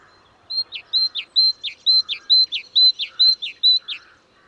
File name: Parus major